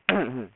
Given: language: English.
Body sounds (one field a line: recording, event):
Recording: throat vibration sensor signal played as sound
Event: throat clearing